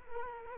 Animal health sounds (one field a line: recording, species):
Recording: mosquito wingbeat signal from an infrared sensor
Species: Culex quinquefasciatus